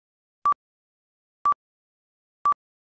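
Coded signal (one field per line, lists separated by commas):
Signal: none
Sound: answering machine beep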